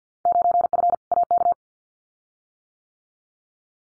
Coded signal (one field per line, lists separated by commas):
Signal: Morse code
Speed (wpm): 50 wpm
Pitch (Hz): 700 Hz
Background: none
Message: 9F AK